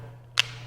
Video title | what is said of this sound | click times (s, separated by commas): How to remove and install the Magnetic Plug on the new iPhone 14 case | push it in with a click | 0.4 s